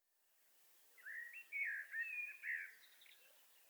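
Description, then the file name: Common blackbird delivering one short, mellow warbled phrase of a few linked notes over faint background hiss. "Turdus merula"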